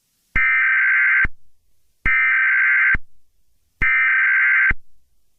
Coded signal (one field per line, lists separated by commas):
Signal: Emergency Alert System (SAME) tones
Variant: header bursts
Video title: EAS Scenario- The Town Where Nothing Happens